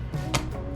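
A second DDR4 memory stick is lined up and pushed into its motherboard DIMM slot over a steady background hum. A single sharp click sounds at 0.4 s as the stick seats, and someone talks right after.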